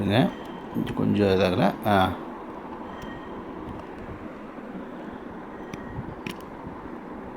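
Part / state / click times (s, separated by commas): SSD into external SATA enclosure / seated / 5.7 s, 6.3 s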